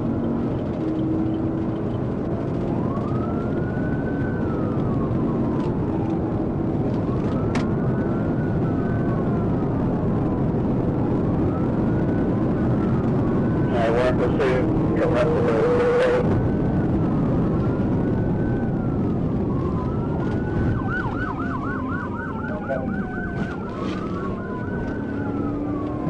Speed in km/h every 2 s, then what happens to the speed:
129, 138, 147, 153, 159, 164, 171, 175, 171, 127, 103, 85, 92.
0-15 speeds up to 175. 15-21 brakes to 85.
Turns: none.